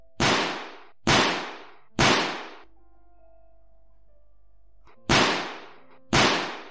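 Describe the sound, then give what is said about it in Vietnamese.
Five sharp, loud pistol gunshots crack out in quick bursts, three in rapid succession, then a pause with a low hum before two more shots ring out, each with a brief decaying tail. “Tiếng súng vang lên khiến mọi người đang có mặt tại đây bỏ chạy tán loạn.”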